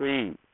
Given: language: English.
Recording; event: throat vibration sensor signal played as sound; speech